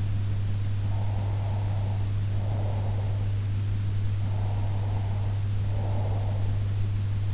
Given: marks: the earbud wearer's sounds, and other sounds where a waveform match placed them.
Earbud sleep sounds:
sounds in sleep by an in-ear microphone; breath
0.90-3.19 s: breath
4.10-6.65 s: breath

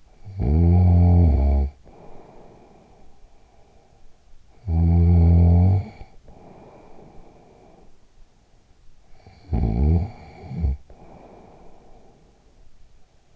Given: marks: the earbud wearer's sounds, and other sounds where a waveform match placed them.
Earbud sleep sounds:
sounds in sleep by an in-ear microphone; snoring breath
0.13-8.67 s: snoring breath
9.02-13.10 s: snoring breath

